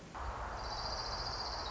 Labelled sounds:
Orange-crowned Warbler
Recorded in Sonoma County, California

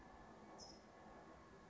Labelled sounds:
California Towhee
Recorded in Sonoma County, California

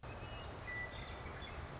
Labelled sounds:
Western Meadowlark
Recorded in Sonoma County, California

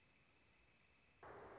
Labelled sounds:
Northern Flicker
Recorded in Sonoma County, California

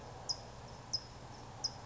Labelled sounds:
California Towhee
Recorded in Sonoma County, California

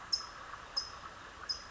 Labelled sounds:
California Towhee
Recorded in Sonoma County, California

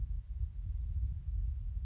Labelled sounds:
California Towhee
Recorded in Sonoma County, California

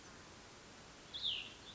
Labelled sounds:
Cassin's Vireo
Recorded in Sonoma County, California

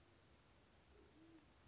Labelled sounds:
Band-tailed Pigeon
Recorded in Sonoma County, California

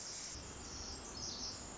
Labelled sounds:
Pacific Wren
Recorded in Sonoma County, California

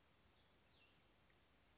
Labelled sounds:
Cassin's Vireo
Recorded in Sonoma County, California

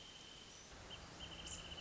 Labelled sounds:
Wrentit
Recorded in Sonoma County, California

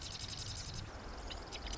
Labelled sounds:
Marsh Wren
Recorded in Sonoma County, California

